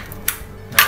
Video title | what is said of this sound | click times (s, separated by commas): Langkah Langkah Merakit PC | pastikan bunyi tek. Nah, ini sudah ngelock. | 0.8 s